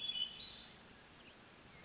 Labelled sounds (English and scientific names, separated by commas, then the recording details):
Hermit Thrush (Catharus guttatus)
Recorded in Sonoma County, California